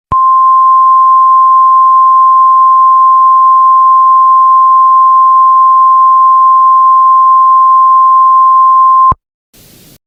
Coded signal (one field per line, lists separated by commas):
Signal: Emergency Alert System (SAME) tones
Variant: 1050 Hz attention tone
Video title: EAS SCENARIO ASH-FALL INSPIRED BY @kayeas716